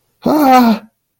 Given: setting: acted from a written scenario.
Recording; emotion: vocal sound without words; negative surprise